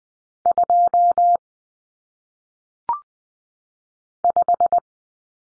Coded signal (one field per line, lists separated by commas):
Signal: Morse code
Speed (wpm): 20 wpm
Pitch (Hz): 700 Hz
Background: none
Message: 2 5